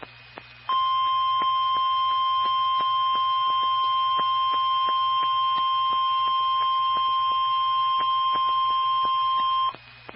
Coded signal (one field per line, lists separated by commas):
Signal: Emergency Alert System (SAME) tones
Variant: 1050 Hz attention tone